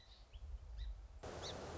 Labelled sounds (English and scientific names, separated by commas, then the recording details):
Song Sparrow (Melospiza melodia)
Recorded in Sonoma County, California